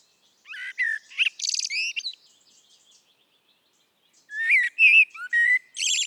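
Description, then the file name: Eurasian blackbird song: a short fluted warble with a buzzy high twitter, a brief pause, then another whistled phrase ending in shrill squeaks. "Turdus merula"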